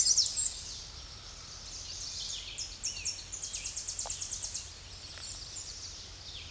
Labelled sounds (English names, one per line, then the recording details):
Tennessee Warbler song
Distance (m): 15 m
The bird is about 5 m above the microphone
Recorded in a Pennsylvania forest on 16 May 2024 at 07:35
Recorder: AudioMoth, point MSD-2349
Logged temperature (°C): 15.8 °C
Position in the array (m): 63 m, 50 m